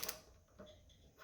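A steel crankshaft timing pin is pushed all the way into the engine block and butted up against the crank. A short, sharp tick is heard at 0.1 s as it seats against the stop, followed by faint clicks and rustles.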